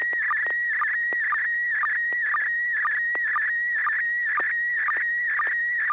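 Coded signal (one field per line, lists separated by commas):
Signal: SSTV (slow-scan television)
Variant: PD120 mode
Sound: warbling, chirping tone near 2 kHz with rhythmic low blips about twice per second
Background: radio hum and clicks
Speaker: i have a picture i'd like to send it in pd120 it's got some fine detail in it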